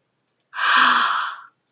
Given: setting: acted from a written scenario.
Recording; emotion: vocal sound without words; awe